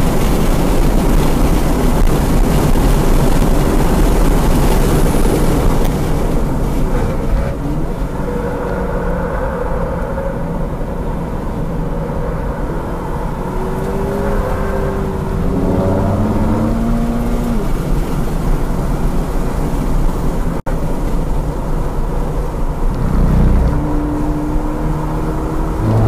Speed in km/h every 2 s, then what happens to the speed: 153, 161, 116, 81, 69, 66, 77, 90, 105, 101, 90, 89, 100.
2-8 brakes to 69. 8-16 speeds up to 105. 16-22 slows to 89. 22-26 speeds up to 100.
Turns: 6-14, 18-26.